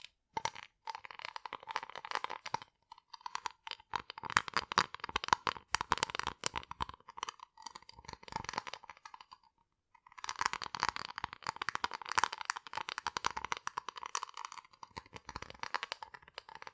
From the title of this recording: Rough Brain Cleaning and Picking